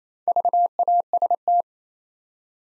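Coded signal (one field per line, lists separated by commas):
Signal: Morse code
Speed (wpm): 28 wpm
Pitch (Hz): 700 Hz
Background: none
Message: VAST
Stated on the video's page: Practice set building 4-letter words one letter at a time, sent at 28 wpm.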